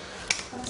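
A wheelchair lap belt buckle is released when its button is pressed. A sharp click at 0.3 s shows it opening. A softer tap follows at about 0.7 s. No one speaks in the clip.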